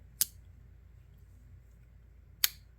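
The steel blade of a vintage Schrade Walden Model 204 electrician's slip-joint knife is worked through its backspring detents. Two sharp, bright snaps ring out at 0.2 s and 2.4 s over a quiet low hum, as the blade snaps into its half stop and closed.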